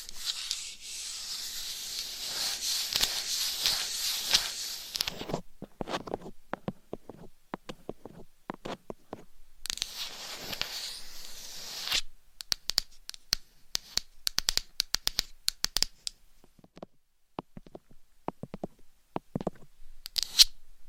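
Close scratching and rubbing on a microphone, with dense, hissy bursts of brushing in the first five seconds and again around ten to twelve seconds. Between and after these, sharp irregular taps and clicks come quickly, bright and near, over near silence.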